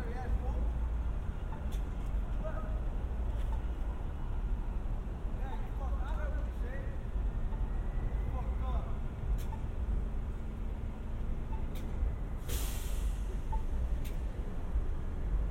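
A binaural walk through San Diego streets, with a steady low rumble of traffic and vehicles throughout. Scattered voices and brief chirps rise above it, a few sharp clicks or taps punctuate the walk, and a short hiss bursts out around twelve seconds.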